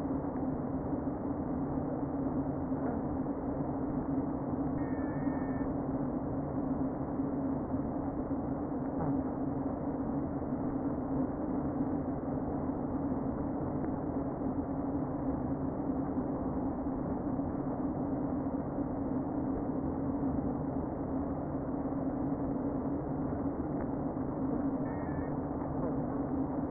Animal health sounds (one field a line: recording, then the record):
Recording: honeybee colony, microphone inside the hive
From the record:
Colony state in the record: queen present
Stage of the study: before two queens were removed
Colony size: about 60,000 bees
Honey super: yes